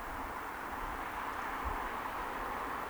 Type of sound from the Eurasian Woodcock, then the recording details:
whistle. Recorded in Baden-Württemberg, Germany, on 30 May 2021 at 20:11 UTC. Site 43323, 910 m above sea level